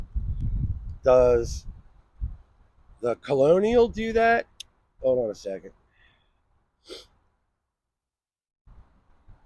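Someone talks while handling a second folding knife, a Colonial, checking whether its marlin spike blade locks. A few faint handling sounds are heard under the talk, and the clip ends before the marlin spike goes home, so nothing has seated or clicked yet.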